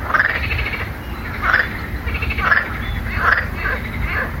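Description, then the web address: Frog giving short, harsh croaks, about five roughly a second apart, each a rasping burst with a low rumble behind. "лягушки"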